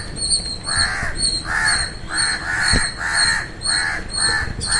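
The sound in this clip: Bird calls: harsh, hoarse caws repeated about twice a second in a steady series, over a constant high-pitched chirping background.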